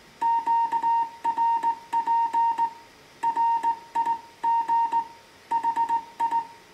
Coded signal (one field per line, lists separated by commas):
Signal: Morse code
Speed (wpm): 17 wpm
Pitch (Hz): 920 Hz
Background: music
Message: QRP RIG HI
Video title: Morse Code QSO using an old Heathkit HW-101 Transceiver